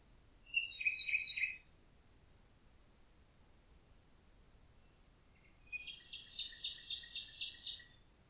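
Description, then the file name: Common nightingale song: a brief rapid phrase, a long pause, then a long series of quick pulsed notes. "Nachtigall"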